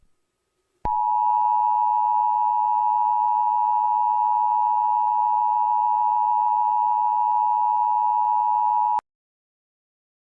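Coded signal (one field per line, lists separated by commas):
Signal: Emergency Alert System (SAME) tones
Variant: 853 and 960 Hz attention tone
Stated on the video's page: Fictional emergency alert scenario; simulated tones, not a real broadcast.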